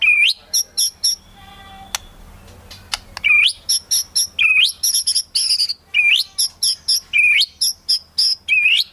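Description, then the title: White-rumped shama song of repeated upswept whistles alternating with rapid high chips, broken by a quiet spell with a few clicks and faint tones. Lure sound used for trapping. "Pikat Murai Batu"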